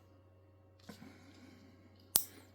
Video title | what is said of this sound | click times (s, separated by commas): E46 Chassis Harness # 128 | And if you look, I did not latch this. So, we just click | 2.2 s